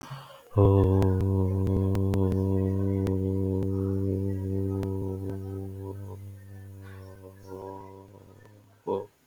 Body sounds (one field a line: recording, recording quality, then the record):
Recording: sustained vowel as in boot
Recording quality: excellent, no background noise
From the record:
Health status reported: healthy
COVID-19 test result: not tested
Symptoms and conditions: none ticked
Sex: male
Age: 39 years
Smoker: not ticked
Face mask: not worn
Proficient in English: yes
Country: India